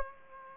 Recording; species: mosquito wingbeat signal from an infrared sensor; Aedes aegypti